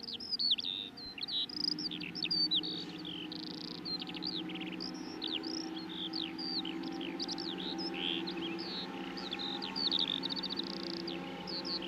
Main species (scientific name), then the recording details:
Alauda arvensis. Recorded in the wild. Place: Michelstadt, OT Vielbrunn, Hessen, DE. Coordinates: 49.7139, 9.09778. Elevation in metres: 432. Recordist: Tretzel, Erwin. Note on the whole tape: Aufnahmedatum unbekannt, vermutlich Frühjahr 1976, Vielbrunn, Michelstadt: Gesang